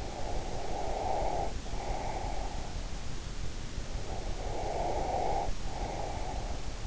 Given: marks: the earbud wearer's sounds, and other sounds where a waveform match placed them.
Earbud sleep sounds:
sounds in sleep by an in-ear microphone; breath
0.00-2.70 s: breath
3.97-6.65 s: breath

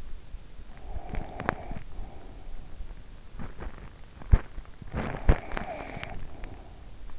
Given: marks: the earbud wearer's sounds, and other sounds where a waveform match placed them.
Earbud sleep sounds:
sounds in sleep by an in-ear microphone; teeth grinding
0.78-2.13 s: teeth grinding
3.28-6.54 s: teeth grinding

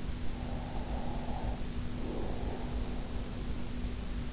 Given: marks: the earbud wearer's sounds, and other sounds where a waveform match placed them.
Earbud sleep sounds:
sounds in sleep by an in-ear microphone; breath
0.25-3.46 s: breath

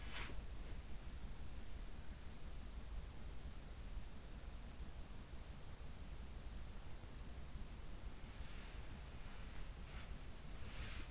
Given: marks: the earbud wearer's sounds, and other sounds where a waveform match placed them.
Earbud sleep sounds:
sounds in sleep by an in-ear microphone; breath
0.00-0.82 s: breath
9.84-11.11 s: breath

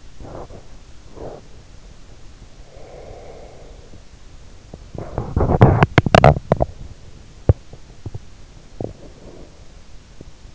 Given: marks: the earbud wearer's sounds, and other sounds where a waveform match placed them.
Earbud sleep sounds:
sounds in sleep by an in-ear microphone; breath, teeth grinding
0.23-1.45 s: breath
2.53-4.24 s: breath
4.80-10.55 s: teeth grinding

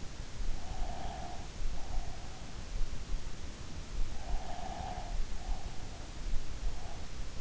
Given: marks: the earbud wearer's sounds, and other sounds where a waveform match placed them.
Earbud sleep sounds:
sounds in sleep by an in-ear microphone; breath
0.65-2.78 s: breath
4.31-6.10 s: breath

